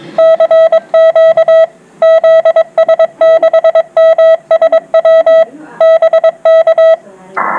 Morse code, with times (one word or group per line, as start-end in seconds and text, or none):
0.2-1.6 CQ
2.0-5.4 ZS6MSW
5.8-6.9 BK